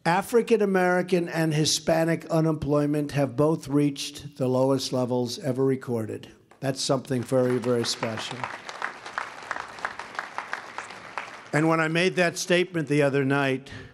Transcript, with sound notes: African American and Hispanic unemployment have both reached the lowest levels ever recorded. That’s something very, very special. (Applause.) And when I made that statement the other night,